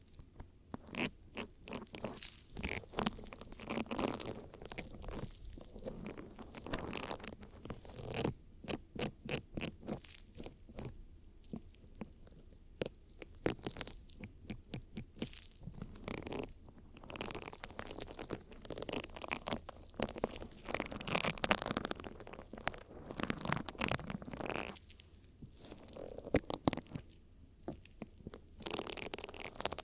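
Ear cleaning sounds made of dense, irregular crackles, scrapes and crunchy rubbing in quick bursts, with short quiet gaps throughout.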